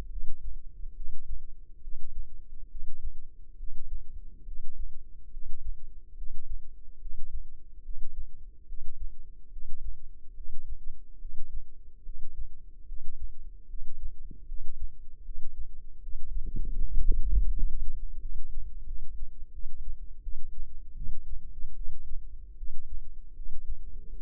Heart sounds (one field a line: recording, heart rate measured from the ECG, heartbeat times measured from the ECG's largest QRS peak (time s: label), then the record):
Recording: heart sounds by microphone in the left ear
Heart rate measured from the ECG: 75 bpm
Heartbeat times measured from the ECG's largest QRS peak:
0.09 s: heartbeat
0.94 s: heartbeat
1.81 s: heartbeat
2.68 s: heartbeat
3.57 s: heartbeat
4.45 s: heartbeat
5.30 s: heartbeat
6.15 s: heartbeat
6.99 s: heartbeat
7.82 s: heartbeat
8.66 s: heartbeat
9.50 s: heartbeat
10.34 s: heartbeat
11.18 s: heartbeat
12.03 s: heartbeat
12.85 s: heartbeat
13.67 s: heartbeat
14.45 s: heartbeat
15.22 s: heartbeat
16.00 s: heartbeat
16.78 s: heartbeat
17.50 s: heartbeat
18.19 s: heartbeat
18.84 s: heartbeat
19.51 s: heartbeat
20.20 s: heartbeat
20.94 s: heartbeat
21.74 s: heartbeat
22.55 s: heartbeat
23.33 s: heartbeat
24.12 s: heartbeat
From the record:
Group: healthy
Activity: breath hold 0-20 s, rest 20-24 s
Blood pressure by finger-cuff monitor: 108/68 mmHg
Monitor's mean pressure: 85 mmHg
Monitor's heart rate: 73 bpm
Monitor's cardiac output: 6.4 L/min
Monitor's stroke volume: 90 mL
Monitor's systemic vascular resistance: 940 dyn s/cm5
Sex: female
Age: 22 years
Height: 160 cm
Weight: 45 kg